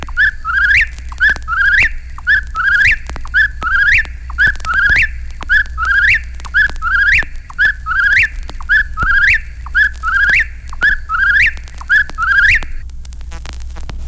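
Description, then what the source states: Eastern whip-poor-will singing its whistled phrase over and over, roughly once per second, a faint click leading each rising whistle, with a low background hum. A low-voiced tuck precedes the whip by a fraction of a second; summer campers claim whip-poor-wills sing all night long.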